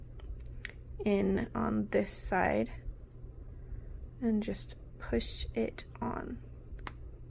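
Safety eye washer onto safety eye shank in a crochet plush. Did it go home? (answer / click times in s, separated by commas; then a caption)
yes / 6.9 s. A plastic washer back is pushed onto the shank of a plastic safety eye through crocheted fabric in a crochet plush. Someone talks while faint clicks sound early on. The washer clicks into place at 6.9 s and is seated securely.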